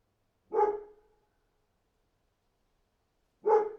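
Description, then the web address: Dog barking, two single sharp barks about three seconds apart with silence between them. "animals dog barking"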